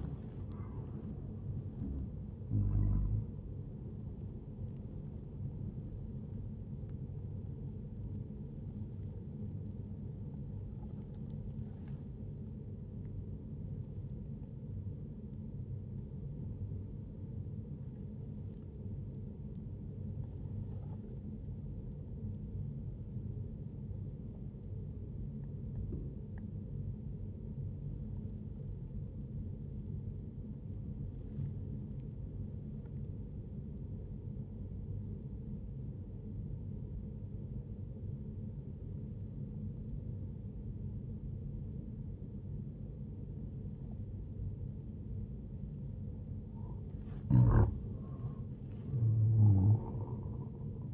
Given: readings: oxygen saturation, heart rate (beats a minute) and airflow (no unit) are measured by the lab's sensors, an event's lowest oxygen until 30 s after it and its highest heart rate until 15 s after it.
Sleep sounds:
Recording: breathing in sleep by a smartphone at the bedside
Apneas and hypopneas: 1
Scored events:
7.00-46.30 s: obstructive apnea (N1, oxygen 99% highest, then 93% lowest, heart rate 74 at the start, 77 highest)
From the record:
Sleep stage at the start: N1 (lightest sleep)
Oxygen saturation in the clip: 93 to 99%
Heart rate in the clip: 60 to 86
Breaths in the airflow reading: 2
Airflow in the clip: -7.3 to 9.2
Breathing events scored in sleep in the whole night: 131 in 7.2 hours asleep

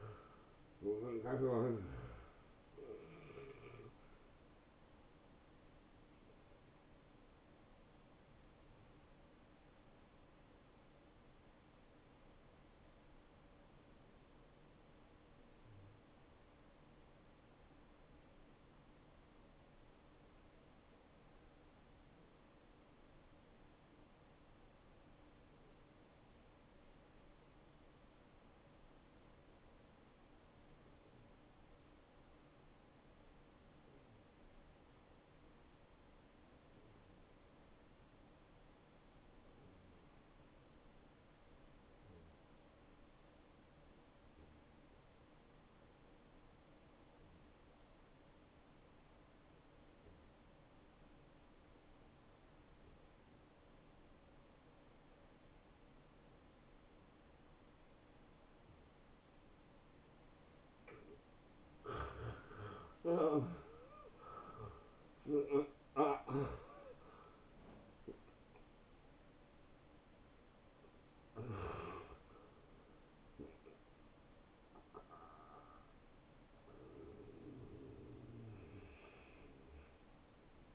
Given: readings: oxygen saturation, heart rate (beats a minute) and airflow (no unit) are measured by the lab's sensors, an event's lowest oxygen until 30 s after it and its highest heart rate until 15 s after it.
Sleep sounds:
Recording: breathing in sleep by a voice recorder at the bedside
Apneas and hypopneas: 1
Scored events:
3.00-80.75 s: new sleep stage, N1 (lightest sleep)
13.00-59.90 s: obstructive apnea (N1, oxygen 93% highest, then 84% lowest, heart rate 66 at the start, 81 highest)
From the record:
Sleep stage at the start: N2 (light sleep)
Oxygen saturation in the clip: 86 to 93%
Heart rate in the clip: 58 to 83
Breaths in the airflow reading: 7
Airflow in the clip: -14.1 to 8.3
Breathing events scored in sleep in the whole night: 263 in 5.5 hours asleep

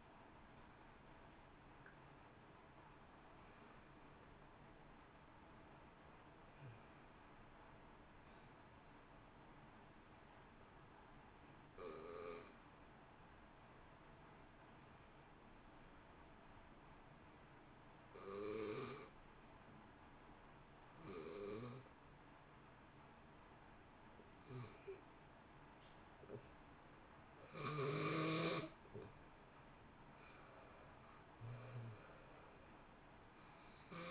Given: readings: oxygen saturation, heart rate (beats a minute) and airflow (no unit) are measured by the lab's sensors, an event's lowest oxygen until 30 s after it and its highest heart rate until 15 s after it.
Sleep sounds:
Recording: breathing in sleep by a voice recorder at the bedside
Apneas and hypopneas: 1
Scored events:
9.00-27.70 s: hypopnea (N1, oxygen 94% highest, then 88% lowest, heart rate 69 at the start, 69 highest)
23.00-34.11 s: new sleep stage, N2 (light sleep)
From the record:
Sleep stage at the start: N1 (lightest sleep)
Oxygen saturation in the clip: 84 to 94%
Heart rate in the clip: 57 to 74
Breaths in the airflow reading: 8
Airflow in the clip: -1.2 to 2.0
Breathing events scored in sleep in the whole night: 328 in 6.3 hours asleep

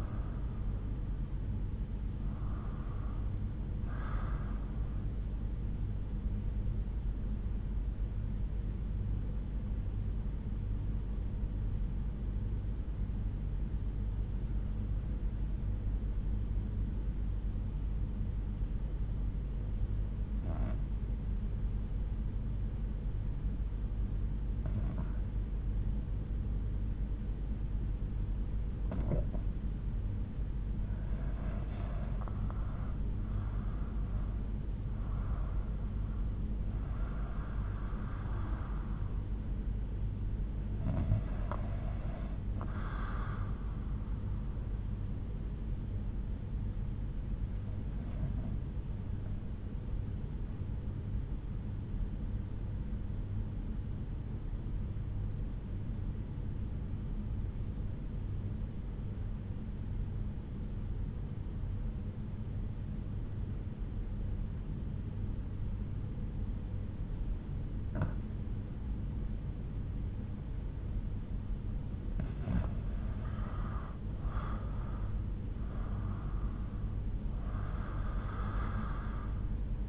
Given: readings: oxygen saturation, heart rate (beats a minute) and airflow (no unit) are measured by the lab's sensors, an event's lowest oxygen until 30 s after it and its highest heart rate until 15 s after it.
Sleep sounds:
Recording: breathing in sleep by a smartphone at the bedside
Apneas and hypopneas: 2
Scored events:
8.00-31.80 s: hypopnea (REM, oxygen 97% highest, then 83% lowest, heart rate 73 at the start, 81 highest)
53.00-72.90 s: obstructive apnea (REM, oxygen 95% highest, then 83% lowest, heart rate 64 at the start, 78 highest)
From the record:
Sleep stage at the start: REM sleep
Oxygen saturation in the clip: 78 to 97%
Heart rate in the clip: 62 to 85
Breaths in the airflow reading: 9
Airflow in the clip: -9.7 to 10.9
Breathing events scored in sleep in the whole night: 368 in 8.0 hours asleep

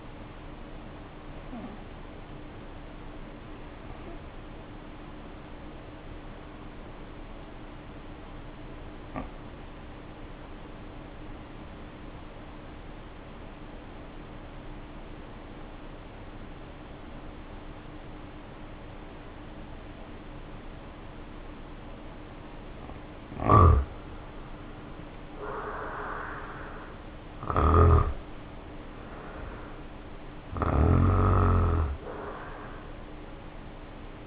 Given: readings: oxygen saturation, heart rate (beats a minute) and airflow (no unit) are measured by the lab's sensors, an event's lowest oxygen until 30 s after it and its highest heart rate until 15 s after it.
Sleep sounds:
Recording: breathing in sleep by a voice recorder at the bedside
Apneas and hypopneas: 1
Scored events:
4.00-29.20 s: hypopnea (N1, oxygen 94% highest, then 76% lowest, heart rate 58 at the start, 69 highest)
From the record:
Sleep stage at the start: N1 (lightest sleep)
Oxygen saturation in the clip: 81 to 94%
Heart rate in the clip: 53 to 69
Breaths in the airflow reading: 11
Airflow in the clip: -2.0 to 1.9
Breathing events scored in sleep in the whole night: 520 in 7.2 hours asleep

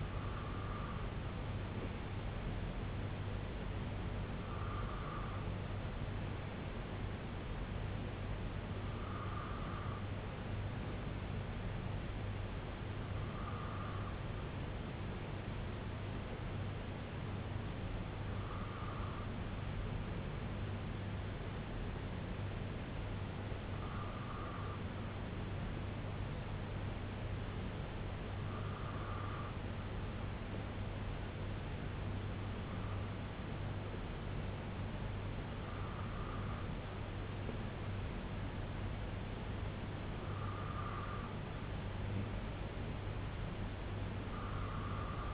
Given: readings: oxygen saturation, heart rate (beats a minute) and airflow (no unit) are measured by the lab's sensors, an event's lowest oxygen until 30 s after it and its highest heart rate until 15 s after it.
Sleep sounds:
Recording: breathing in sleep by a voice recorder at the bedside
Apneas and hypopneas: none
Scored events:
none scored
From the record:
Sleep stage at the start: N2 (light sleep)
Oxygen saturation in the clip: 91 to 93%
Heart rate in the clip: 63 to 69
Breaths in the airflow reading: 10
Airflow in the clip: -4.0 to 2.6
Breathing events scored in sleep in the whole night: 258 in 7.4 hours asleep

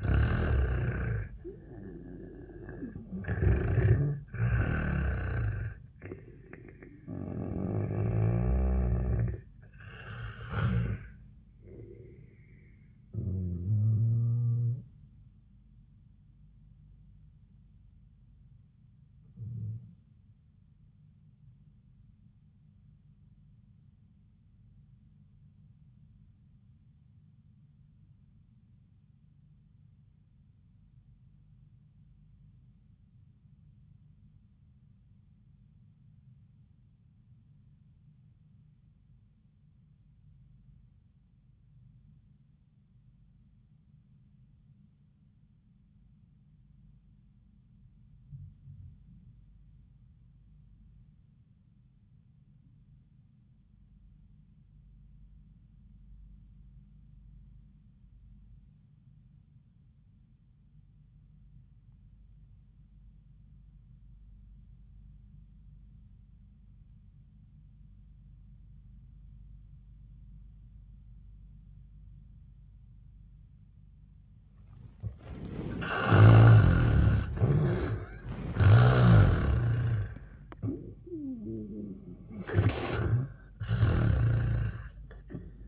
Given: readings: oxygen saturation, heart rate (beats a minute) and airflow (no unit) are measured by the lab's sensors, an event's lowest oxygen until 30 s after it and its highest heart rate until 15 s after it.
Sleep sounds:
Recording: breathing in sleep by a smartphone at the bedside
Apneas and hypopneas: 1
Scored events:
23.00-74.60 s: obstructive apnea (REM, oxygen 98% highest, then 68% lowest, heart rate 74 at the start, 93 highest)
23.00-83.00 s: new sleep stage, REM sleep
83.00-85.68 s: new sleep stage, N1 (lightest sleep)
From the record:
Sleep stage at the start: N1 (lightest sleep)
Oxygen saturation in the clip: 71 to 98%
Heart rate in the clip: 66 to 93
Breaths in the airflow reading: 7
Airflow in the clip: -19.3 to 8.0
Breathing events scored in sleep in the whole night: 400 in 8.7 hours asleep

